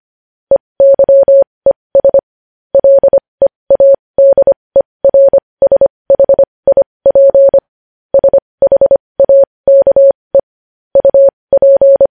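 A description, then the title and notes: Morse code tapped out as a single steady mid-pitched tone, switching on and off in crisp short and long beeps. The keying runs fairly fast in clustered groups with brief gaps between letters, over dead silence and no other sounds. Morse code.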